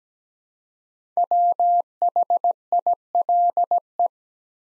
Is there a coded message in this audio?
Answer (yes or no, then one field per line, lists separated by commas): yes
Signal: Morse code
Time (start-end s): 1.2-4.1 s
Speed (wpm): 17 wpm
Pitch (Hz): 700 Hz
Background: none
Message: WHILE